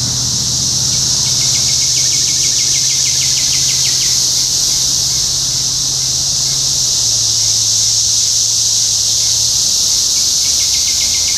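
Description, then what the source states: Cicadas in a dense chorus, a steady high hissing drone throughout, with a rapid run of short chirps from another caller early on and again near the end, plus a low hum. Cicadas in Topeka, Kansas, on 14 June 2015.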